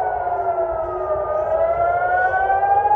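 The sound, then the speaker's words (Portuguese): A loud, sustained missile alarm siren wails steadily as missiles arrive and are counterattacked, its harmonic tones slowly rising in pitch over a low rumbling background, with no voices. “Imagina 4 horas da manhã esse alarme aí na tua casa.”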